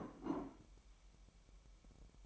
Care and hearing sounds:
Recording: daily activity, microphone in the room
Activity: place plate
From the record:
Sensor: 1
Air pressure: 1002.0 hPa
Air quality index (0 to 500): 243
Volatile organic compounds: 48 ppm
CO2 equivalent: 3264 ppm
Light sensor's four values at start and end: 8/28/10/11 and 8/28/10/11

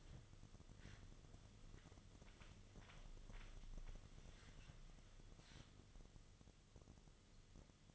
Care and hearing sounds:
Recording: daily activity, microphone in the room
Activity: wipe stove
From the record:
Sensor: 4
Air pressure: 1005.7 hPa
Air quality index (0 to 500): 103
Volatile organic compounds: 2 ppm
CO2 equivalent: 1281 ppm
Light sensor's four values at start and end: 12/28/11/10 and 12/27/11/10

